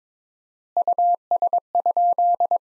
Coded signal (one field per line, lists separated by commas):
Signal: Morse code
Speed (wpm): 22 wpm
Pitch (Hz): 700 Hz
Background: none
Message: US?